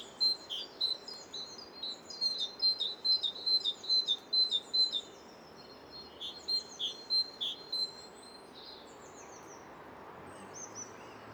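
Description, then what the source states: Great Tit singing a ringing two-note phrase repeated rapidly for about five seconds, pausing, then resuming for about two seconds, with steady background noise. Classic 'teacher' song of two strident, forceful tones repeated; ringing quality that carries above traffic.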